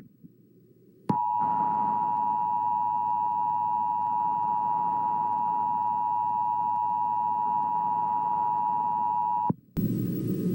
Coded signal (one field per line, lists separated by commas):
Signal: Emergency Alert System (SAME) tones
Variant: 853 and 960 Hz attention tone